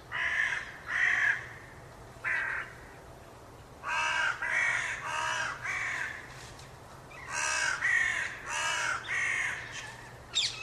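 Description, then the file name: Carrion crow uttering rough, raucous caws, first a pair, then a single, then two quick runs of several caws, over a low steady hum. "Corvus corone"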